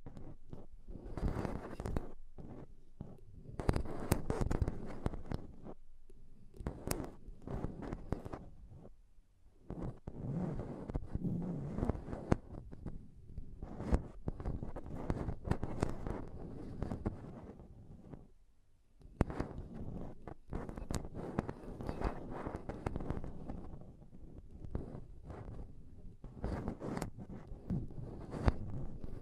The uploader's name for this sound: Intense Mic Tapping and Scratching Sounds